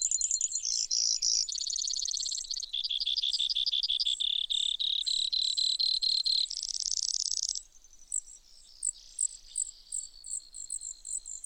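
Brewer's sparrow song, a long run of buzzy and rattling trills shifting between high and lower pitches, with softer quick chips toward the end.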